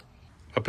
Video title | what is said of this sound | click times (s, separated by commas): Banks 18 Gauge Air Nailer from Harbor Freight - Is It Reliable Enough To Handle The Job? | it's just a matter of uh flipping this back down and making sure that it locks a | 0.6 s